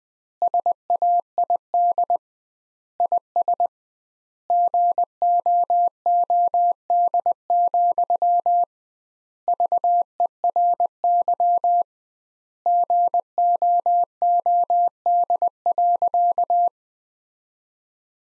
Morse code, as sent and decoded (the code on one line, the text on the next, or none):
... .- .. -.. / .. ... / --. --- --- -.. --..-- / ...- . .-. -.-- / --. --- --- -.. .-.-.-
SAID IS GOOD, VERY GOOD.